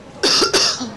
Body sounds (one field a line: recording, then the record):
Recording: coughing mixed with background sound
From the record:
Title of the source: November cold (wet coughing)